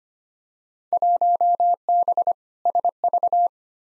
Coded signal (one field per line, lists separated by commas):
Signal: Morse code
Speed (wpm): 25 wpm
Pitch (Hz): 700 Hz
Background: none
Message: 1B SV